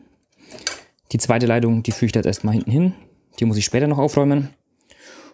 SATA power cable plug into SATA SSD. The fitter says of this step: und dann stecke ich den da an der Festplatte an bis er einrastet